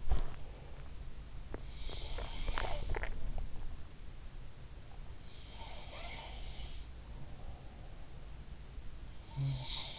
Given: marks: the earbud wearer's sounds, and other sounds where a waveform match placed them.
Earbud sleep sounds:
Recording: sounds in sleep by an in-ear microphone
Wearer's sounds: swallowing, teeth grinding, breath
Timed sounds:
0.00-0.70 s: swallowing
1.44-3.47 s: teeth grinding
1.82-3.17 s: sound from someone else or the room
5.37-7.18 s: sound from someone else or the room
7.26-8.11 s: breath
9.25-9.99 s: sound from someone else or the room

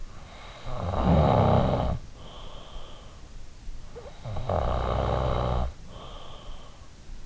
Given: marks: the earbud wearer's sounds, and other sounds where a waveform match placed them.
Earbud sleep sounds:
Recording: sounds in sleep by an in-ear microphone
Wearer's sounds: snoring breath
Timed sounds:
0.00-2.63 s: snoring breath
4.00-6.17 s: snoring breath

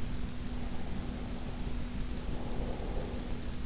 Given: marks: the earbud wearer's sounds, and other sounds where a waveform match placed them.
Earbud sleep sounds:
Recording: sounds in sleep by an in-ear microphone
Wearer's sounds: breath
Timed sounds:
0.45-3.59 s: breath

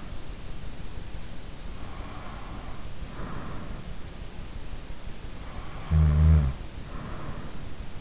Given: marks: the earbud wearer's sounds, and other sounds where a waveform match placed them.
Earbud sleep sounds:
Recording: sounds in sleep by an in-ear microphone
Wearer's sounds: breath, snoring breath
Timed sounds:
2.92-3.96 s: breath
5.86-7.59 s: snoring breath

